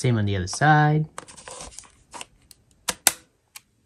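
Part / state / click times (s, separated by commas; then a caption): game controller onto handheld console side rail / seated / 3.1 s. Someone talks, then a second plastic game controller is slid down the side rail on the other side of a Nintendo OLED Switch handheld console, making soft scraping and tapping sounds. It clicks home with a sharp click at 3.1 s, seating the controller so the console is in handheld mode.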